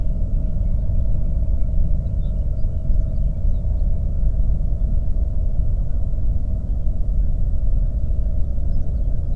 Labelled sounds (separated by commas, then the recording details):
songbird, flare stack
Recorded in the Prudhoe Bay oil fields, Alaska, on 22 May 2019 at 01:31
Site 25